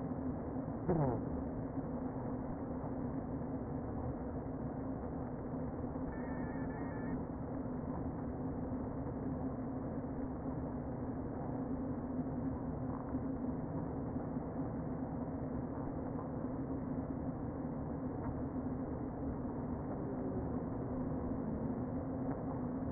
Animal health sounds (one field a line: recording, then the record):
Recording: honeybee colony, microphone inside the hive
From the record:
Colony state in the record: queen present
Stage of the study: before two queens were removed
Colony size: about 60,000 bees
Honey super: yes